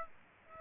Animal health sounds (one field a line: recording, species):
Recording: mosquito wingbeat signal from an infrared sensor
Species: Aedes aegypti